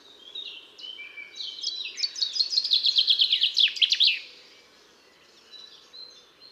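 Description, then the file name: Common chaffinch song: quiet opening notes build into a loud descending trill that closes with a terminal flourish, with soft background chirps. "Pinson des arbres"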